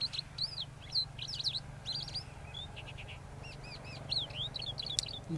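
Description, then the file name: Crested lark: bursts of sharp whistled chirps and slurs, a brief quieter stretch of short notes, then another lively burst, over a low rumble. "Crested lark alok"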